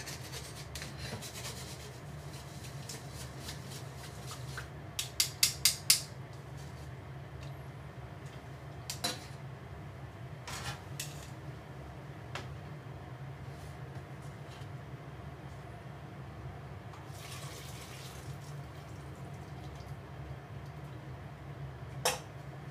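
Cooking sounds: a steady low rumble runs throughout, like a running burner or water, under frequent small clicks and taps of dishes and utensils. A quick burst of four sharp clinks comes near five seconds, with scattered knocks later and a final sharp tap near the end.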